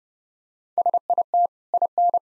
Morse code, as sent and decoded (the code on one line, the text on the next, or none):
... .. - / .. -.
SIT IN